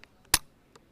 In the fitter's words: that click means it's a full it's now ready to fire